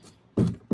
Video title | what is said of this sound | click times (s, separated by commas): S&B Tanks Install: 52 Gallon Replacement Tank For 2014-20 Ram Cummins 2500 6.7L, Crew Cab Short Bed | your sending unit is locked the place next | 0.4 s, 0.7 s